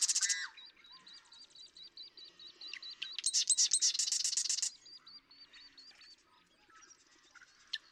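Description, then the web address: Marsh Wren rattling song, a rapid gurgling trill midway, over a steady background of repeated whistled notes. "birdsongforthecurious Marsh Wren"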